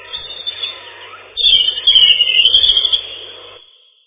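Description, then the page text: European robin song: a few softer high notes, then a sustained phrase of high, tumbling twitters and trills lasting about two seconds, then fading into silence. "Зарянка, или реполов, или малиновка - Erithacus rubecula"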